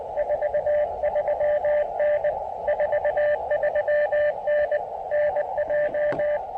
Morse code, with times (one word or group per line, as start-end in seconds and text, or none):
0.2-2.3 43N
2.7-4.8 43N
5.1-6.4 NJ